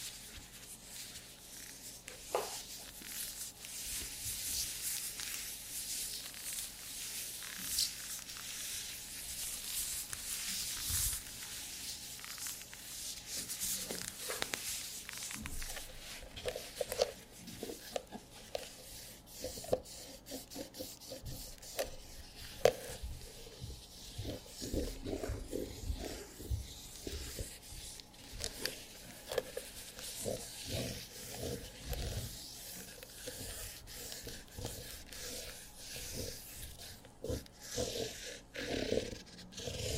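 Leather squeaks and rubs in irregular bursts over a steady low hum, growing busier and denser after about fifteen seconds.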